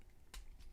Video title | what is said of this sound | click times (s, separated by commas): Transformers Voyager Siege Soundwave: Toy Office Reviews #3 | right so it'll snap into place and you can kind of hear a little bit of a chunk as it enters and then | 0.3 s